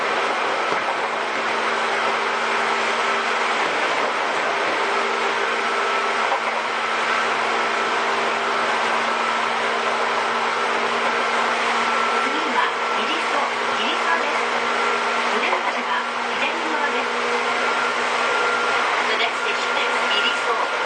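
A Seibu old 2000 series train runs on the Seibu-Shinjuku to Hon-Kawagoe line, a dense, steady rumble and hiss that hardly changes in level. A low hum and a mid tone hold throughout, and brief gliding whines from the motors rise and fall around the middle.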